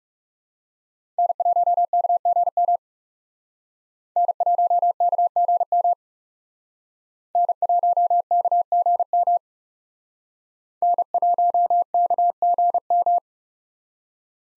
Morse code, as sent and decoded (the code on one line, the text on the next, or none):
-. .---- -.- --. -- / -. .---- -.- --. -- / -. .---- -.- --. -- / -. .---- -.- --. --
N1KGM N1KGM N1KGM N1KGM